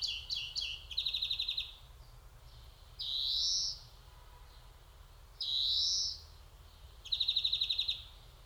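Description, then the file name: European greenfinch song: bouts of fast chattering trills and drawn-out nasal wheezes, continuing throughout. "Chloris chloris"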